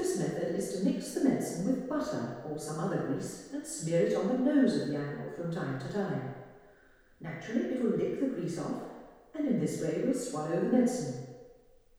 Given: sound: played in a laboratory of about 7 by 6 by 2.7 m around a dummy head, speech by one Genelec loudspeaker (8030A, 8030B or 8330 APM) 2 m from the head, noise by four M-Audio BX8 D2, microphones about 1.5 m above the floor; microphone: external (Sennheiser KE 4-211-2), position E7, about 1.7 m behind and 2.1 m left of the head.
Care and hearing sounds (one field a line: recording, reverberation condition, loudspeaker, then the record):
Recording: female speech in English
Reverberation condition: high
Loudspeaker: 150 degrees to the right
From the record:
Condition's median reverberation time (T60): about 1300 ms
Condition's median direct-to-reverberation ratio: about -4.0 dB